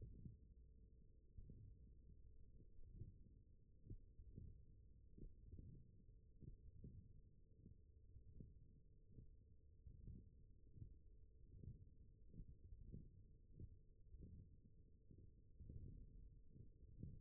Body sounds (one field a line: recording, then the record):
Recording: forearm muscle sounds (acoustic myography)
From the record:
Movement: hand closing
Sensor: system 1, eight BSWA MPA416 microphones around the upper forearm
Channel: 3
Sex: male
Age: 21 years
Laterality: right